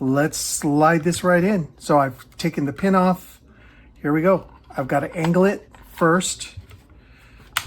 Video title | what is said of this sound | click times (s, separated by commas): Update 9 #startrek 350 Scale Enterprise Refit - How to install the Shuttlebay, Lighting the Hull | okay and angle it again and here you go you hear that clicking sound that's this thing clicking popping because of the fact that this thing doesn't completely fit | 7.6 s